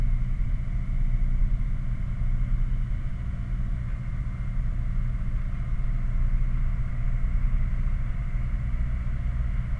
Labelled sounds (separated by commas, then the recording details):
machinery
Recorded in the Prudhoe Bay oil fields, Alaska, on 11 August 2019 at 21:27
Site 29